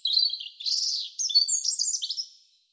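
European robin singing a phrase of high, thin, warbling notes that slide and flutter for about two and a half seconds, then stop.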